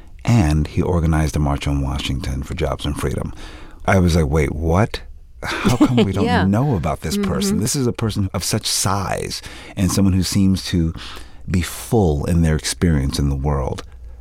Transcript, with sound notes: And he organized the March on Washington for Jobs and Freedom. I was, like, wait, what?
(Laughter) Yeah.
How come we don't know about this person? This is a person of such size and someone who seems to be full in their experience in the world.